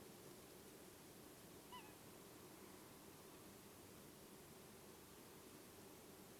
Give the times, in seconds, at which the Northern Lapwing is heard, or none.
1.70-1.95